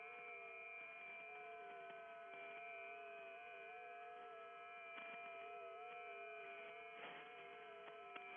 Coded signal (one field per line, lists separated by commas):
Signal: FT8